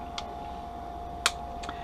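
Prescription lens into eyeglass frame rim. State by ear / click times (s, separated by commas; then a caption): seated / 1.3 s. A prescription polycarbonate Transitions lens is pressed into the rim of a metal and plastic Ray-Ban 3016 Clubmaster browline frame, with the rim screw loosened. A faint tick at 0.2 s is followed by a sharp snap at 1.3 s and a light tick at 1.7 s, over a steady hum. The lens seats at 1.3 s without chipping.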